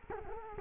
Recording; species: mosquito wingbeat signal from an infrared sensor; Culex quinquefasciatus